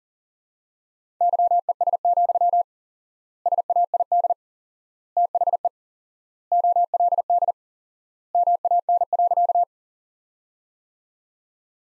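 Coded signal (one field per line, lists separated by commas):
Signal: Morse code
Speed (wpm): 37 wpm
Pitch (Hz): 700 Hz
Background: none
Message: YES, SAID THE OLD MAN.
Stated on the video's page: Sentence practice from the top 500 words at 40 wpm with 4x standard word spacing, a word-based analogue of Farnsworth.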